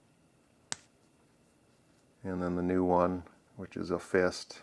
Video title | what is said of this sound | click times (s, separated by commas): Marvel Gamerverse 4" Figure Review - Black Widow & Ryu | he does come with an extra pair of hands as I mentioned and these ones just pop right out and then | 0.7 s